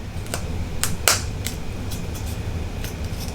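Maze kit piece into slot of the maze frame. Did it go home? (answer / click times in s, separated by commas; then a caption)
yes / 1.1 s. Piece six of a maze kit has its long end set into a slot of the maze frame, and the rest of the piece is lined up and pressed down. Several short, sharp ticks come at about 0.3, 0.8 and 1.5 seconds, with the loudest, brightest click at 1.1 seconds when the piece clicks into place. It ends seated in the frame.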